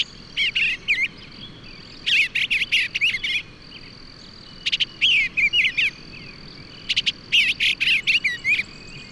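Bird singing repeated rapid phrases of chips and warbled whistles, several bursts across the stretch, with a steady high insect tone throughout.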